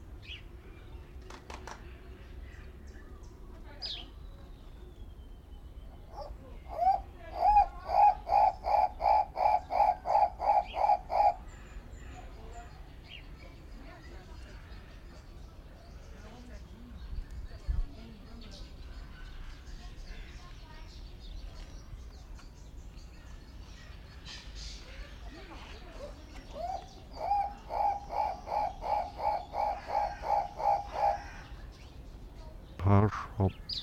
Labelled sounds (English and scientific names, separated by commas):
Guinea Turaco (Tauraco persa) call